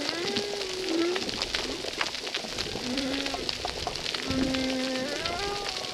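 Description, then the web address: Humpback whale song units: long tonal moans, some bending upward, repeated throughout over dense crackling underwater snapping. Humpback whales recorded at a reef site called Recif 10; recording filtered. "RECIFS Recif 10 Humpback Whales"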